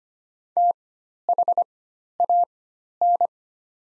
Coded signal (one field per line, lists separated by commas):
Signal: Morse code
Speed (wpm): 25 wpm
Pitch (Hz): 700 Hz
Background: none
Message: THAN